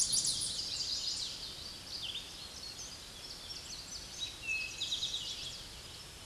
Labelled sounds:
Eastern Towhee (Pipilo erythrophthalmus) song
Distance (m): 30 m
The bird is about 15 m above the microphone
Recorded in a Pennsylvania forest on 16 May 2024 at 07:17
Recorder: AudioMoth, point MSD-1534
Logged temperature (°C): 15.6 °C
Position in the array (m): 66 m, 9 m

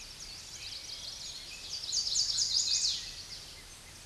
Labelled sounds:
Chestnut-sided Warbler (Setophaga pensylvanica) song
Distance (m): 20 m
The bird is about 10 m above the microphone
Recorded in a Pennsylvania forest on 16 May 2024 at 07:11
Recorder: AudioMoth, point MSD-2443
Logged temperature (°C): 16.4 °C
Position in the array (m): 166 m, 171 m

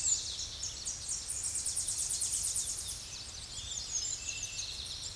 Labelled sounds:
Tennessee Warbler (Leiothlypis peregrina) song
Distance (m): 25 m
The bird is about 10 m above the microphone
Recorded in a Pennsylvania forest on 16 May 2024 at 07:47
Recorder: AudioMoth, point MSD-2349
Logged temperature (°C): 15.8 °C
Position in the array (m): 33 m, 48 m

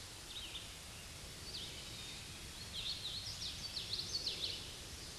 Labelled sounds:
Hooded Warbler (Setophaga citrina) song
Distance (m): 75 m
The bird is about level with the microphone
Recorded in a Pennsylvania forest on 16 May 2024 at 09:40
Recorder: AudioMoth, point MSD-1035
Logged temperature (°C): 16.3 °C
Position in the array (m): 142 m, 128 m

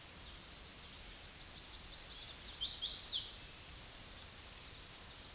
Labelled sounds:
Chestnut-sided Warbler (Setophaga pensylvanica) song
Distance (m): 20 m
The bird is about 15 m above the microphone
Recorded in a Pennsylvania forest on 16 May 2024 at 09:02
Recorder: AudioMoth, point MSD-2074
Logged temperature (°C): 16.3 °C
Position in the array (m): 173 m, 218 m

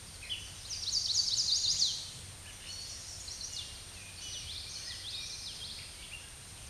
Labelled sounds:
Common Yellowthroat (Geothlypis trichas) song
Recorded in a Pennsylvania forest on 16 May 2024 at 07:28
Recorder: AudioMoth, point MSD-2494
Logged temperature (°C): 15.6 °C
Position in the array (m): 229 m, 182 m

